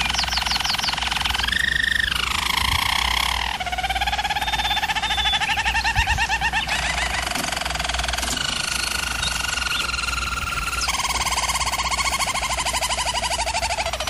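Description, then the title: German Roller canary song, a long chain of rolled tours, some rising and falling, others flat and trilled, changing every few seconds above a low hum. German Roller canary singing, for canary song training. "German Roller Canary Singing - Canary Training Vid"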